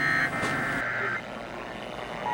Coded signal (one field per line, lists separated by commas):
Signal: Emergency Alert System (SAME) tones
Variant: header bursts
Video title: How About A Little More?? | EAS Alerts From 5/14/2023 (EAS #2,068-2,104)